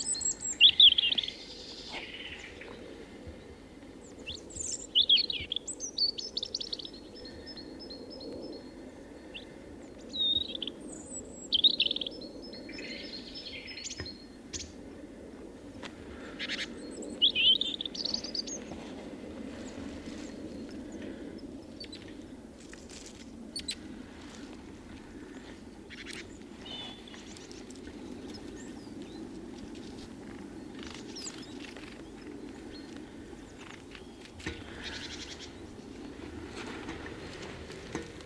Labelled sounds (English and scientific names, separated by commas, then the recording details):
European Robin (Erithacus rubecula) song
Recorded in the wild
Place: Pfaffenbrunnen, Haardt, Rheinland-Pfalz, DE
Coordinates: 49.412, 7.756
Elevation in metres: 399
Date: 1976-03-26
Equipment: Nagra IV, Sennheiser MKH 405, Parabolreflektor
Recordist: Tretzel, Erwin